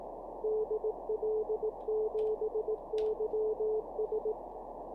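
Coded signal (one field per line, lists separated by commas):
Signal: Morse code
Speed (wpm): 18 wpm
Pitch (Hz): 430 Hz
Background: none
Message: DL7YS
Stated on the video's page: Live-streamed daily Morse code (CW) learning practice session.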